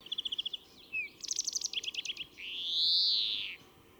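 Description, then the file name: European greenfinch song: a short fast trill, a brief whistle, a burst of twittering, then a long wheezy note that rises and falls. "Chloris chloris"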